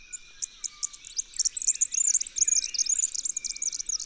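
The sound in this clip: Red-backed fairywren song: starts with spaced high ticking notes, then runs into a rapid, insect-like reeling trill lasting to the end.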